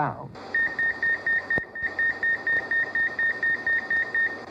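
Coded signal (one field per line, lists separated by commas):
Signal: none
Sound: fryer timer beeps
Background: speech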